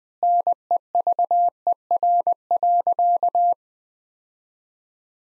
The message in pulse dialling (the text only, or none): none